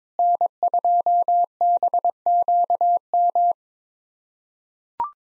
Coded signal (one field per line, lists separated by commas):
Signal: Morse code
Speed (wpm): 22 wpm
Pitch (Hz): 700 Hz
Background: none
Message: N2BQM